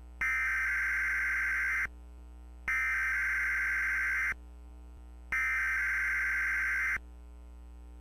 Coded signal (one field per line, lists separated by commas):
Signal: Emergency Alert System (SAME) tones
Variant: header bursts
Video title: Emergency Alert System